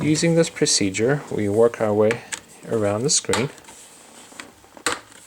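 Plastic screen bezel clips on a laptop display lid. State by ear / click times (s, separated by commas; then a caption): released / 4.9 s. On a Lenovo ThinkPad Edge E545 laptop display lid, fingertips lift the plastic screen bezel up and outward so its clips let go. Someone talks for the first few seconds, then after a quiet stretch a sharp snap at 4.9 s marks a bezel clip releasing from the lid.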